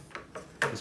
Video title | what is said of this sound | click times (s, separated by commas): Video Review: Transformers: War for Cybertron SIEGE - Titan OMEGA SUPREME | panel flips up and snaps into place here | 0.6 s